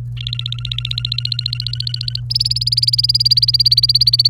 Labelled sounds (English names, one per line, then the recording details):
Domestic Canary song
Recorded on 28 April 2018 at 14:40
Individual llb3